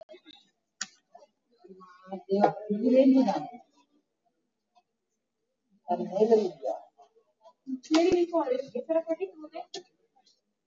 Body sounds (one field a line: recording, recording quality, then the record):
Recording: deep breathing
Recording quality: poor, much background noise or distortion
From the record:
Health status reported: exposed to COVID-19, no respiratory illness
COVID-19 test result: negative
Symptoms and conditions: cold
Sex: female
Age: 39 years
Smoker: no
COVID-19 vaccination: both doses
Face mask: worn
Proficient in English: yes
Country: India